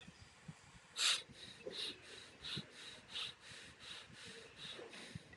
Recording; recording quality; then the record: shallow breathing; excellent, no background noise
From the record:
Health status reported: recovered from COVID-19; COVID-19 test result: negative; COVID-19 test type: rapid antigen test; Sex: male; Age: 21 years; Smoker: no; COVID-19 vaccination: both doses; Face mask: worn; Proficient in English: yes